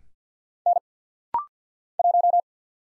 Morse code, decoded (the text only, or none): N 1